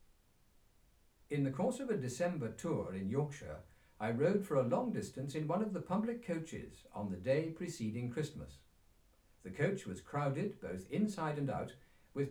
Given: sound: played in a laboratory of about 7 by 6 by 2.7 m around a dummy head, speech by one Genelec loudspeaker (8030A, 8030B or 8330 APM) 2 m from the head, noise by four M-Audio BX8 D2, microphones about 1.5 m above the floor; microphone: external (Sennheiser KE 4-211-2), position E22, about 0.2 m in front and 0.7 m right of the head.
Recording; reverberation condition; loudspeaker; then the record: male speech in English; low; 90 degrees to the left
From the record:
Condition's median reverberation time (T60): about 310 ms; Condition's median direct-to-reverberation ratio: about 3.5 dB